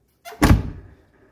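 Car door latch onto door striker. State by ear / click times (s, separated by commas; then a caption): not seated / none. The passenger door of a 1984 Mercedes 300D, whose striker is worn or broken with its little tab snapped off, is shut harder than before. A soft contact at about 0.25 s is followed by a loud, low thunk at 0.4 s that rings out and fades by about 1.0 s. The door has not latched; nothing has seated or clicked yet.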